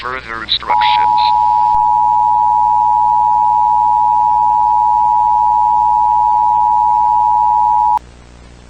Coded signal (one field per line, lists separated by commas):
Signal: Emergency Alert System (SAME) tones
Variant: 853 and 960 Hz attention tone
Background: speech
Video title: EAS Scenario: The 7 Broken Universes [FULL] [7K SUBS SPECIAL]